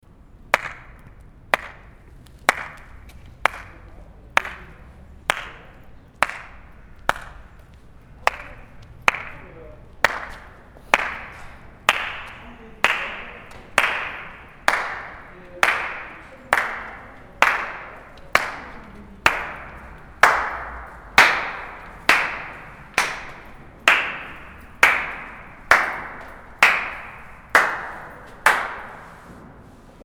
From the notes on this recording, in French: Claquements de main dans la cour, puis sous le préau, puis dans un couloir.